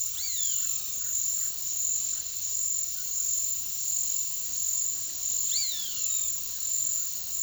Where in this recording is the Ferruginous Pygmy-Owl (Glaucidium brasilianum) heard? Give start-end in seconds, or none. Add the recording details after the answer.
none. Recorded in secondary vegetation near Puerto Asís, Putumayo, Colombia, on 19 February 2024 at 09:00. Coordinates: 0.500, -76.326. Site G6428